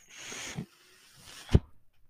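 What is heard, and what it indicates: A soft airy hiss, then a dull thump: one breath cycle of a home mechanical ventilator.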